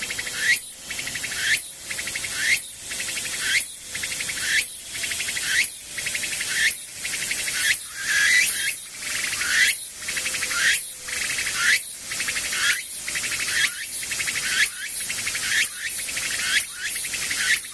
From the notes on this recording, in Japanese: ムシ